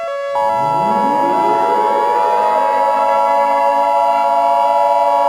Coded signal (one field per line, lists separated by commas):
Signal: Emergency Alert System (SAME) tones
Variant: 853 and 960 Hz attention tone